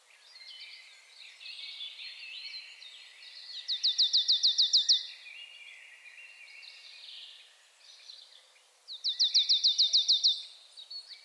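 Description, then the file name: Marsh tit calling: two rapid, even trains of high, clipped notes about five seconds apart, with soft twittering and hiss in between. "Poecile palustris"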